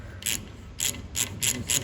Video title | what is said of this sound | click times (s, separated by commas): It Had NO Gear Oil the Whole Time! - Speeder Rescue Ep. 5 | feels like it's stripped out. | 0.8 s, 1.7 s